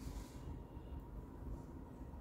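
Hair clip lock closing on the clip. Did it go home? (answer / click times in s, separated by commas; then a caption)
no / none. A Korean-style hair clip is being handled and closed by its built-in lock. Only a steady, low rumbling background with a faint tone near 1 kHz is heard, with no sharp sounds. Nothing has clicked or seated yet.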